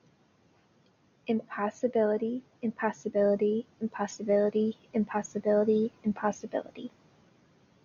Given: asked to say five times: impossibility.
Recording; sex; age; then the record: repeated word; female; 20 to 29 years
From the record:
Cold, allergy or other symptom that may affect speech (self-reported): no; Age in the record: 28 years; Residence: Illinois, United States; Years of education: 16